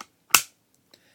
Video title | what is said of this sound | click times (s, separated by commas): Gear review: Blackhawk Serpa Holster | as you heard it clicks in there rather well | 0.4 s